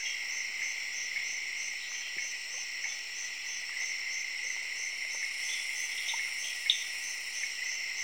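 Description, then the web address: Tree frogs give brief knocking notes at irregular intervals beneath a constant shrill cricket chorus with a rhythmically pulsing upper band. Tree frogs calling together with crickets in Zaire, Africa. "BBC Sound Effects Library. Zaire, Tree Frogs And Crickets"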